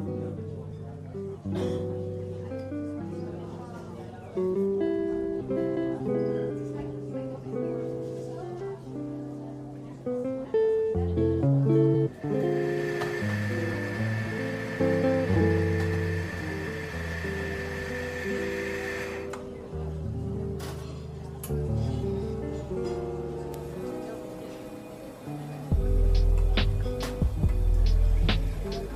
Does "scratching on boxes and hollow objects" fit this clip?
no